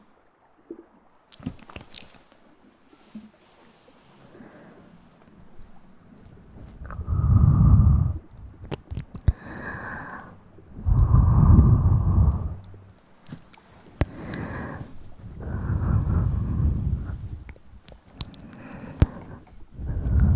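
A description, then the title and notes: Mouth sounds come in slow, swelling bursts of low, breathy rumbling, roughly every three seconds from about 7 seconds on. Between them, sharp clicks and quick scratchy rustles, likely hand movements, scatter irregularly across the whole twenty seconds. Mouth sounds, hand movements at sensitivity.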